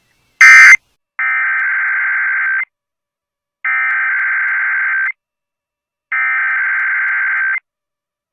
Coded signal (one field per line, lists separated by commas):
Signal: Emergency Alert System (SAME) tones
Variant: header bursts